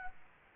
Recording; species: mosquito wingbeat signal from an infrared sensor; Anopheles gambiae